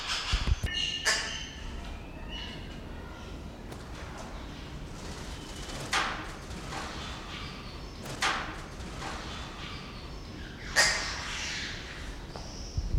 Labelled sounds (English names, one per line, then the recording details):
Double-toothed Barbet
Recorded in captivity
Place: Zoo Berlin, Berlin, DE
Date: 1994-02-11 12:06
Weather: Bedeckt, 4°C
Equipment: Marantz CP 130, Sennheiser ME 80, Kopie Uher Variocord 263
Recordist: Tembrock, Günter